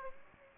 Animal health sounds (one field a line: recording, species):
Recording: mosquito wingbeat signal from an infrared sensor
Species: Aedes aegypti